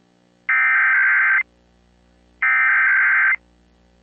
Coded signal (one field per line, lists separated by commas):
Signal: Emergency Alert System (SAME) tones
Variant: header bursts